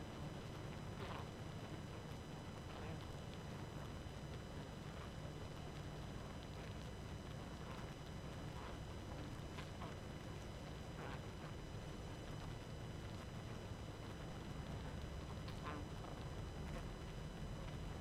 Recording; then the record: honeybee colony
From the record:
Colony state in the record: active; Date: 12 June 2018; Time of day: 23:15